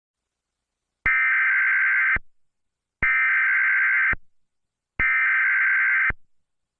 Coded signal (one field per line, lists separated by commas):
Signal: Emergency Alert System (SAME) tones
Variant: header bursts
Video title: EF 7 (EAS Scenario)